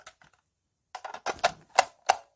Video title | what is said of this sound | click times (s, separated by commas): unboxing a new console / the sega dreamcast | that that's such a satisfying click. | 1.8 s, 2.1 s